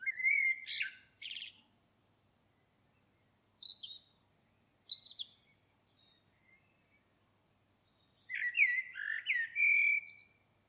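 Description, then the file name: Common blackbird song: a rich warbled phrase with high twitters, scattered thin high notes in the middle, then another full fluting phrase. "Turdus merula"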